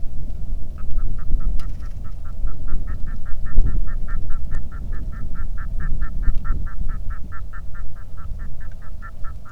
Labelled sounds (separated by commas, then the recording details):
waterfowl, wind, rain
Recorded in the Arctic National Wildlife Refuge, Alaska, on 3 August 2019 at 09:15
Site 46